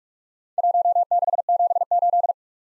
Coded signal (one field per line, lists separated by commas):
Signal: Morse code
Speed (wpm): 44 wpm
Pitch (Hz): 700 Hz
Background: none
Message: 1678